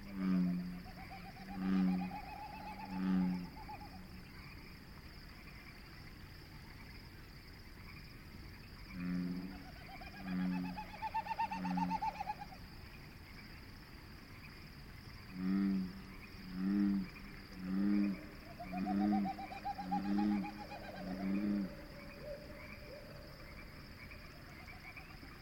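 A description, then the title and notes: On an evening marsh, a steady high chorus of frogs holds throughout. Low, hollow pulsing calls come in runs of three to seven beats near the start, around ten seconds and from about fifteen to twenty-two seconds, while a snipe's airy, rising-and-falling winnowing sweeps over them. Frogs and Snipe. Evening recording made at the Conboy Lake National Wildlife Refuge. I can identify, quite readily, the Bullfrogs and Pacific Chorus Frogs... Down-mixed to stereo from Double-MS, boosted +15db.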